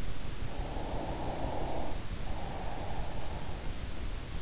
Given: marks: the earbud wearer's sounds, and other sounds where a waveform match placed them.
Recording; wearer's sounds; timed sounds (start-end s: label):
sounds in sleep by an in-ear microphone; breath
0.24-4.02 s: breath